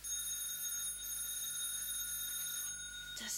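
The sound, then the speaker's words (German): A doorbell rings in one long, steady electric peal with a bright, high-pitched metallic tone, holding loud and unbroken for about three seconds before cutting off with a short clatter. “Das ist kein Wecker. Da ist einer an der Tür.”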